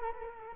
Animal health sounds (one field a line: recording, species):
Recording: mosquito wingbeat signal from an infrared sensor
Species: Culex quinquefasciatus